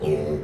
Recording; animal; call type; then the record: contact call of a hoofed animal; pig; closed-mouth grunt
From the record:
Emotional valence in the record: negative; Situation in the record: short social isolation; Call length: 0.44 s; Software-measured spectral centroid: 1500 Hz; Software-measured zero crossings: 910 a second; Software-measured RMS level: -24 dBFS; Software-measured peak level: -13 dBFS